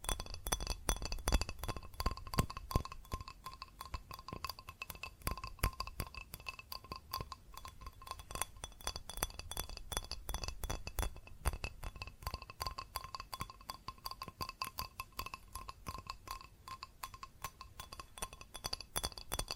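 Rapid, dense tapping on glass and ceramic objects, a steady stream of bright clinks with ringing tones and a faint low rumble underneath.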